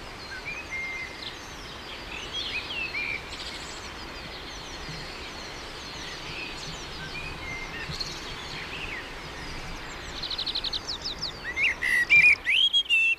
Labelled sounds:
Common Blackbird song

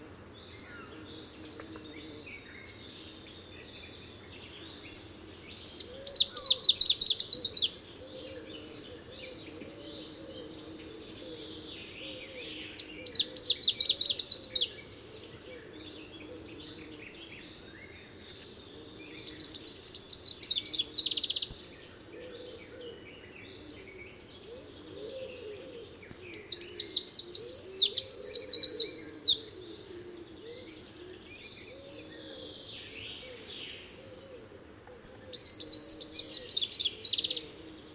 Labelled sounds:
Greenish Warbler song

